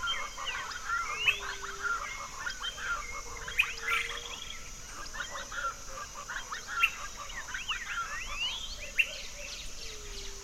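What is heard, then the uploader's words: April sunrise in the orchard, filled with a dense, overlapping chorus of birdsong: rapid chirps, trills and whistled phrases that never pause. Sharper, louder calls stand out around 1, 3.5, 7 and 9 seconds, over a faint, steady hiss and low rumble. April Sunrise in the Orchard.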